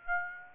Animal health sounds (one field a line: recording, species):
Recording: mosquito wingbeat signal from an infrared sensor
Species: Aedes aegypti